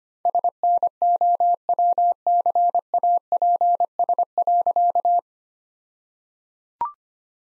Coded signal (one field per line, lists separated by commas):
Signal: Morse code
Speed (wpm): 25 wpm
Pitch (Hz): 700 Hz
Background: none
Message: SNOWCAPS.